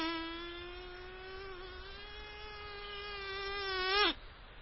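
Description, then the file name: Mosquito whine: a steady, thin buzzing tone with many overtones, holding level for about four seconds, then swelling and bending sharply downward before cutting off. "Komar"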